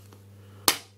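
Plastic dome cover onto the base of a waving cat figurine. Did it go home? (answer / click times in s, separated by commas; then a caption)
yes / 0.7 s. A clear plastic dome is pressed back onto the base of a waving cat figure over a steady low hum, with a faint tick at 0.1 s. A sharp, loud snap at 0.7 s marks the dome clicking into place, and it is seated.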